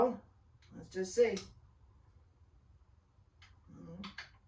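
A magnetic resin scarf piece is fitted onto a collectible statue body during assembly, with someone talking briefly at the start. After a quiet stretch, it seats home with a sharp contact click at 4.2 s, and the piece is confirmed in place.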